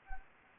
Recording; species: mosquito wingbeat signal from an infrared sensor; Anopheles arabiensis